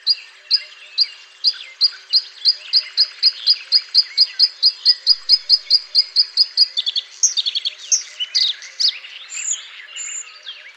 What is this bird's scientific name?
Luscinia svecica